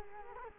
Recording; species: mosquito wingbeat signal from an infrared sensor; Culex quinquefasciatus